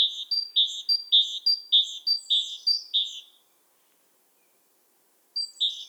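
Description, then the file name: Great tit singing six quick two-note phrases in a steady see-saw rhythm, then a pause of about two seconds before the phrase starts again. "Parus major"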